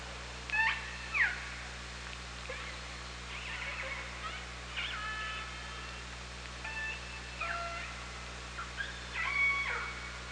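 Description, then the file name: Orca pulsed calls recurring throughout, harmonic bursts with downward and level contours, several overlapping, over a constant low hydrophone hum. Recorded underwater on an OrcaLab hydrophone, 24 August 2017 at 18:42:13. "Orca Lab UTLN JASON 20170824 184213"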